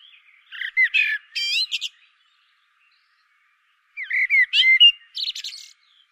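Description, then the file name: Common blackbird song: two phrases of fluty, slurred whistles climaxing in thin, high squeaky twitters, separated by about two seconds of silence. "Turdus merula"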